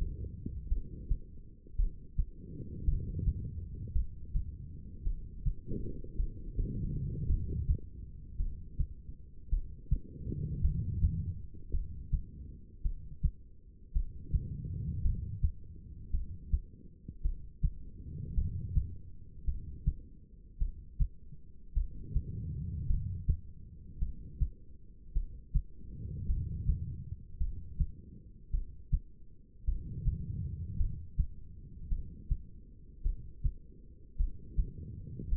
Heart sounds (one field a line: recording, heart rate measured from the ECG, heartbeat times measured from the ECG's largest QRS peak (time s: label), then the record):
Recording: heart sounds by stethoscope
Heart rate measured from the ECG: 54 bpm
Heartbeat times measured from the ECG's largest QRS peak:
0.68 s: heartbeat
1.75 s: heartbeat
2.84 s: heartbeat
3.92 s: heartbeat
5.03 s: heartbeat
6.16 s: heartbeat
7.26 s: heartbeat
8.36 s: heartbeat
9.49 s: heartbeat
10.61 s: heartbeat
11.71 s: heartbeat
12.82 s: heartbeat
13.92 s: heartbeat
15.02 s: heartbeat
16.10 s: heartbeat
17.21 s: heartbeat
18.34 s: heartbeat
19.45 s: heartbeat
20.58 s: heartbeat
21.73 s: heartbeat
22.86 s: heartbeat
23.98 s: heartbeat
25.13 s: heartbeat
26.26 s: heartbeat
27.37 s: heartbeat
28.50 s: heartbeat
29.64 s: heartbeat
30.77 s: heartbeat
31.88 s: heartbeat
33.02 s: heartbeat
34.16 s: heartbeat
35.29 s: heartbeat
From the record:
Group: heart failure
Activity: rest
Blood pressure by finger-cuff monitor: 85/59 mmHg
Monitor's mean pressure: 67 mmHg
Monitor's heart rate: 54 bpm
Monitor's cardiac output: 2.6 L/min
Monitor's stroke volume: 49 mL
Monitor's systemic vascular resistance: 1830 dyn s/cm5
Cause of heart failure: non-ischemic cardiomyopathy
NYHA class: 1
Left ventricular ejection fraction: 52%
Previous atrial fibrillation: present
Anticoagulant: apixaban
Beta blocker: bisoprolol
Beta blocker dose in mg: 10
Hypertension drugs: sacubitril-valsartan, spironolactone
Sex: female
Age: 68 years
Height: 169 cm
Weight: 71 kg